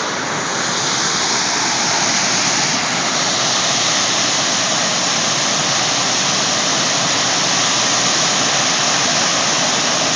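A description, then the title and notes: Water pours through a canal diversion below a reservoir in a dense, unbroken roar that holds steady for all ten seconds. The rush sounds full, running from a low rumble up to a bright hiss, with no separate sounds standing out. Ainsworth Canal Diversion from Merritt Reservoir. They had just increased the flow rate from 75 cfs to 105 cfs.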